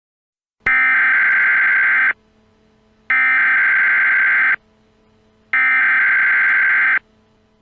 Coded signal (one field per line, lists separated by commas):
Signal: Emergency Alert System (SAME) tones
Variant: header bursts